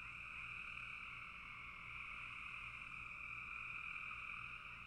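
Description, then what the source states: Frog chorus, a dense rapid trilling without gaps, steady and high, with low-frequency rumble in the background. Frogs in a bog.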